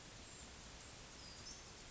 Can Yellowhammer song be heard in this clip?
no